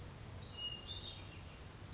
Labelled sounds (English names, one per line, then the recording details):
Pacific Wren
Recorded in Sonoma County, California